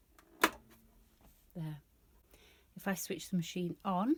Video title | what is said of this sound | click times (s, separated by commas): Beginners how to thread up a sewing machine. Brother LS14, Lidl lx3817a | I'm going to push this bobbin towards the guide and you'll hear it click there | 0.4 s